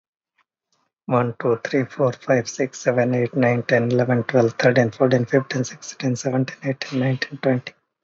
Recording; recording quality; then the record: counting at a fast pace; excellent, no background noise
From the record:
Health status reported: healthy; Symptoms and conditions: none ticked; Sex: male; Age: 51 years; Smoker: not ticked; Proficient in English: yes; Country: India